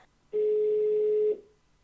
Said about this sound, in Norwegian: Nå skal jeg ringe en frisør. Og klage over sjampoen jeg har fått.